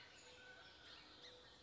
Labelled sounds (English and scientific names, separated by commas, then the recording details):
Song Sparrow (Melospiza melodia)
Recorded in Sonoma County, California